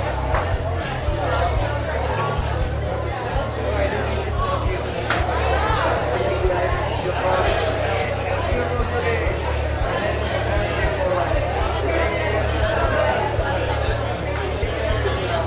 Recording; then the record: background sound without coughing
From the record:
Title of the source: CITY SOUNDS Busy Bar in the Evening Night - 2 HOURS of Ambiance for Relaxation